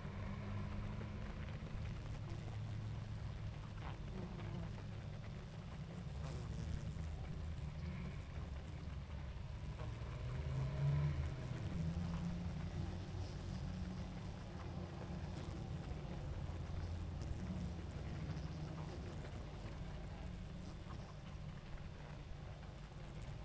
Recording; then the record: honeybee colony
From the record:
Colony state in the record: active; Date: 28 July 2017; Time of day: 20:22